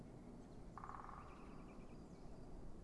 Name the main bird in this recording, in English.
Great Spotted Woodpecker